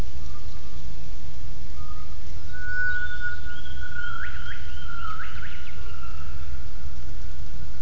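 Gibbon calls: thin whistled tones held steady, then several quick upward sweeps in the middle, over a constant low rumble of background noise.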